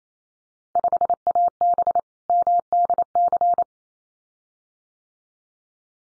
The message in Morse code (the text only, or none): 5AB MDC